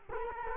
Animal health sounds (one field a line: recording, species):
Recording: mosquito wingbeat signal from an infrared sensor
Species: Culex quinquefasciatus